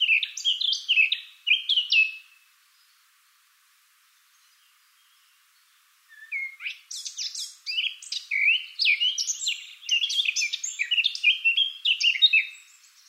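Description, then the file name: Eurasian blackcap singing: a short warbled phrase, several seconds of quiet, then a long, lively stream of varied chattering and whistled notes. "Sylvia atricapilla"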